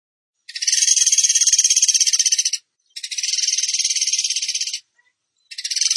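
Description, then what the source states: Bird producing buzzy trills of fast regular pulses, mostly about two seconds long, separated by short pauses. Masteran (training recording) in tembakan gacor style.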